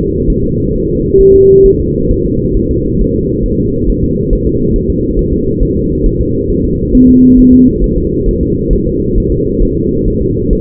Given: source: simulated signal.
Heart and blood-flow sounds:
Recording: fetal heart sounds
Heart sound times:
0.30 s: S1
0.44 s: S2
0.75 s: S1
0.90 s: S2
1.21 s: S1
1.35 s: S2
1.66 s: S1
1.80 s: S2
2.11 s: S1
2.26 s: S2
2.57 s: S1
2.71 s: S2
3.01 s: S1
3.16 s: S2
3.46 s: S1
3.60 s: S2
3.89 s: S1
4.04 s: S2
4.33 s: S1
4.47 s: S2
4.76 s: S1
4.90 s: S2
5.19 s: S1
5.33 s: S2
5.63 s: S1
5.77 s: S2
6.06 s: S1
6.20 s: S2
6.50 s: S1
6.65 s: S2
6.95 s: S1
7.09 s: S2
7.39 s: S1
7.54 s: S2
7.84 s: S1
7.98 s: S2
8.29 s: S1
8.43 s: S2
8.73 s: S1
8.87 s: S2
9.18 s: S1
9.32 s: S2
9.62 s: S1
9.77 s: S2
10.08 s: S1
10.22 s: S2
10.53 s: S1
From the record:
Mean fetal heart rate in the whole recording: 135 bpm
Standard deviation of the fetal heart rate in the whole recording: 3 bpm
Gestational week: 36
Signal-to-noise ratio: -14.7 dB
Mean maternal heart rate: 72 bpm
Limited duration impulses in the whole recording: present

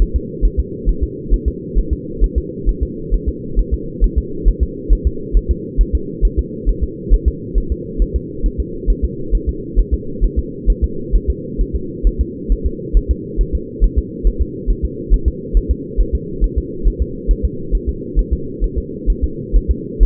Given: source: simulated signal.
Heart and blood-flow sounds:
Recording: fetal heart sounds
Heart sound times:
0.02 s: S1
0.16 s: S2
0.45 s: S1
0.60 s: S2
0.89 s: S1
1.03 s: S2
1.34 s: S1
1.48 s: S2
1.78 s: S1
1.93 s: S2
2.24 s: S1
2.38 s: S2
2.69 s: S1
2.83 s: S2
3.14 s: S1
3.29 s: S2
3.59 s: S1
3.74 s: S2
4.04 s: S1
4.18 s: S2
4.49 s: S1
4.63 s: S2
4.93 s: S1
5.07 s: S2
5.37 s: S1
5.51 s: S2
5.81 s: S1
5.95 s: S2
6.25 s: S1
6.39 s: S2
6.69 s: S1
6.84 s: S2
7.14 s: S1
7.28 s: S2
7.58 s: S1
7.72 s: S2
8.02 s: S1
8.16 s: S2
8.46 s: S1
8.60 s: S2
8.90 s: S1
9.05 s: S2
9.35 s: S1
9.49 s: S2
9.79 s: S1
9.94 s: S2
10.25 s: S1
10.39 s: S2
10.70 s: S1
10.84 s: S2
11.16 s: S1
11.30 s: S2
11.61 s: S1
11.76 s: S2
12.07 s: S1
12.21 s: S2
12.52 s: S1
12.67 s: S2
12.97 s: S1
13.11 s: S2
13.41 s: S1
13.55 s: S2
13.84 s: S1
13.99 s: S2
14.27 s: S1
14.42 s: S2
14.70 s: S1
14.85 s: S2
15.14 s: S1
15.28 s: S2
15.57 s: S1
15.71 s: S2
16.01 s: S1
16.15 s: S2
16.44 s: S1
16.58 s: S2
16.88 s: S1
17.02 s: S2
17.31 s: S1
17.45 s: S2
17.75 s: S1
17.89 s: S2
18.19 s: S1
18.33 s: S2
18.64 s: S1
18.78 s: S2
19.10 s: S1
19.24 s: S2
19.56 s: S1
19.71 s: S2
20.03 s: S1
From the record:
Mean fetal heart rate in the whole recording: 135 bpm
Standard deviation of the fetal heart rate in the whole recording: 3 bpm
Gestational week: 36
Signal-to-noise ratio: -4.3 dB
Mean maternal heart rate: 72 bpm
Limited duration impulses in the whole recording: absent

